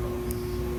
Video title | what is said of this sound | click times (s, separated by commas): How to remove Volvo door panel, volvo mirror assembly, Code P0071 Ambient temperature sensor | so all the wires are locked in. | 0.3 s